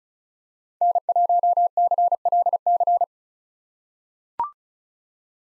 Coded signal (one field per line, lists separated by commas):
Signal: Morse code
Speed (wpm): 34 wpm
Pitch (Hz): 700 Hz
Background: none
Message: N1CLC